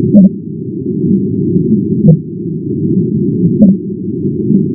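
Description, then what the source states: Fin whale calls, sped up: short pulses recurring about every one to two seconds over a steady low rumbling background. Calls, sped up ten times.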